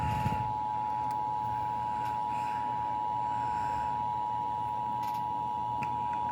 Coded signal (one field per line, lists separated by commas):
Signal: Emergency Alert System (SAME) tones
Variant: 853 and 960 Hz attention tone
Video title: eas 2